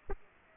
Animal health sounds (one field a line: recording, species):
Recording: mosquito wingbeat signal from an infrared sensor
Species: Aedes aegypti